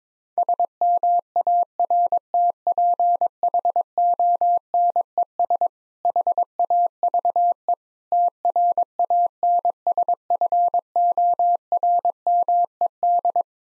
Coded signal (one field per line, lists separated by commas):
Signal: Morse code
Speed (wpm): 22 wpm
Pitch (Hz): 700 Hz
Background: none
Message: SMARTPHONES HAVE TRANSFORMED